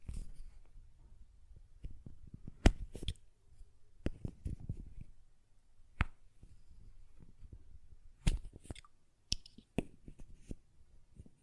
Glass Perfume Bottle Tapping & Lid Sounds